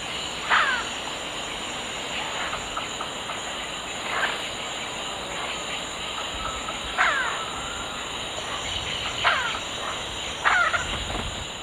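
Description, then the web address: Long-billed woodcreeper giving harsh, rasping calls, short bursts repeated every one to three seconds, over a steady high-pitched background drone. Calls and flight calls, recorded in the Eastern Lowlands of South America. "Natures Songs S America Eastern Lowlands Nasica longirostris, calls and flight calls"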